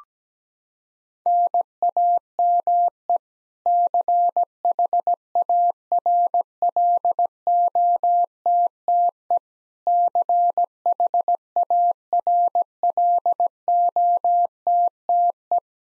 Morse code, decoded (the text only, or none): NAME CHARLOTTE CHARLOTTE